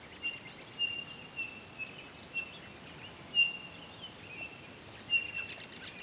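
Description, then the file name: Townsend's solitaire giving single high whistled notes on one pitch, repeated at irregular intervals over a steady hiss of background noise. Recorded 23 October 2011. "20111023 townsends-solitaire"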